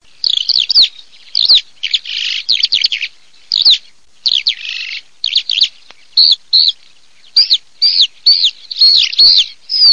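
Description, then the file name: Eurasian skylark song in bursts of high, rapid chirruping and trilled notes, broken by short silent gaps, with no other clear sounds. "ALLODOLAPG"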